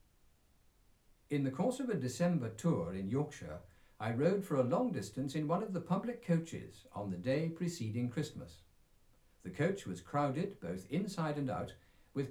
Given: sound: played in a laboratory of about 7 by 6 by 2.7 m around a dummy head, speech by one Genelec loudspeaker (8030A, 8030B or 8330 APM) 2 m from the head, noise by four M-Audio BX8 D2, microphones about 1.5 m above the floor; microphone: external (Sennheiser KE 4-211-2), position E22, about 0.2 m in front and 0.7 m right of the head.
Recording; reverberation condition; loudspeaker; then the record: male speech in English; low; 150 degrees to the left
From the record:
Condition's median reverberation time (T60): about 310 ms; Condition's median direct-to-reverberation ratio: about 3.5 dB